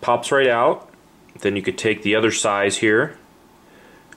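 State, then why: Not seated. A plastic earbud attachment in a different size is handled before being pushed onto the end of a Croakies Endless ARC adjustable fly fishing sunglasses retainer while someone talks. The clip ends with quiet background, and nothing has seated or clicked yet.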